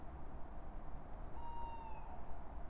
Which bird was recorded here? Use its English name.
Tawny Owl